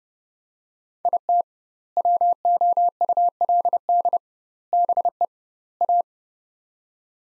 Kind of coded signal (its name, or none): Morse code